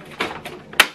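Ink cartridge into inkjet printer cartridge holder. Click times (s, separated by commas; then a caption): 0.8 s. A replacement ink cartridge is pushed up into the print-head holder of a Canon Pixma TS3450/TS3351 inkjet printer. Softer plastic shuffles and bumps at about 0.2 s and 0.5 s lead to a sharp, bright click at 0.8 s. That click confirms the cartridge has locked in place.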